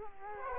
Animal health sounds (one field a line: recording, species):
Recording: mosquito wingbeat signal from an infrared sensor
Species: Culex quinquefasciatus